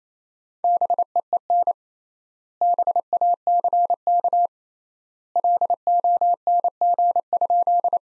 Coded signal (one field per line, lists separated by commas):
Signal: Morse code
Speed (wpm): 28 wpm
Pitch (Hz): 700 Hz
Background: none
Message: BEEN BACK LONG?